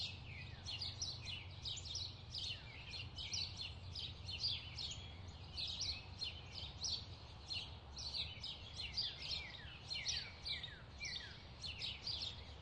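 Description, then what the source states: Bird chirps, busy and high-pitched, short notes tumbling in quick succession with several birds overlapping, a faint low hum underneath. Bird chirping ambience.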